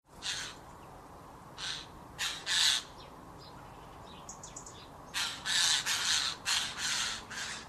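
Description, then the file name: Eurasian jay with repeated hoarse, grating screeches, bunched toward the end, plus a few thin high notes from another bird and a constant low rumble. "Garrulus glandarius"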